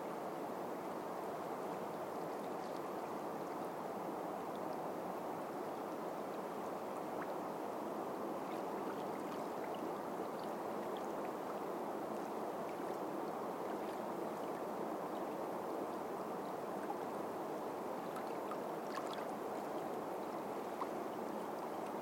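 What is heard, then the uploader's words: A calmly flowing river murmurs steadily, a dense, even rush centred in the low middle with no swells or pauses. Small bright trickles and splashes flick over the top now and then, a little more often in the second half. 暗闇の中 静かに流れる川の流れ. 夜明け前、静かに流れる川の音. The sound of a calmly flowing river.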